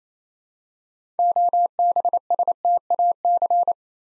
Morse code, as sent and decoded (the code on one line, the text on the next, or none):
--- -... ... - .- -.-.
OBSTAC